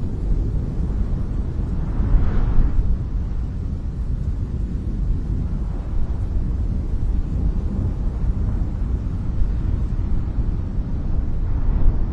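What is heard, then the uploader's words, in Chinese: Thunder rolls through deep mountains as a continuous low rumble that never fully fades. A brighter, louder swell rises around two to three seconds, then the growl settles to a steady churning level before building slightly again near the end. 深山雷声。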